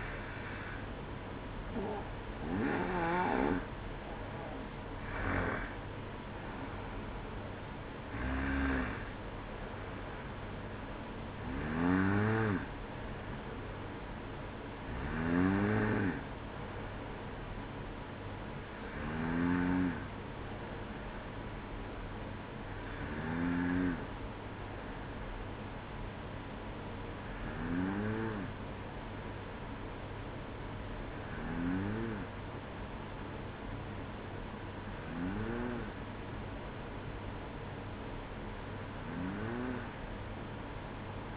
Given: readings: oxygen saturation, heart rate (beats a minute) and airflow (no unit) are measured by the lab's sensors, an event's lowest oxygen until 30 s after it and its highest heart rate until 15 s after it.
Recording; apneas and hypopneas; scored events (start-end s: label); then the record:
breathing in sleep by a voice recorder at the bedside; none
20.00-41.37 s: new sleep stage, N1 (lightest sleep)
From the record:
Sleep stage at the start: N2 (light sleep); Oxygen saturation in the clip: 91 to 95%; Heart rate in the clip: 58 to 65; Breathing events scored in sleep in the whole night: 305 in 9.6 hours asleep